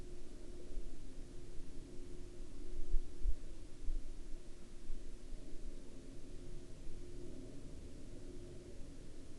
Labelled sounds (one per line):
aircraft